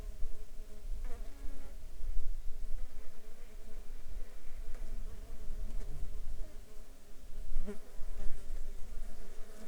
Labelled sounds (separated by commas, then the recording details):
insects
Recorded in the Arctic National Wildlife Refuge, Alaska, on 16 July 2019 at 15:37
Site 35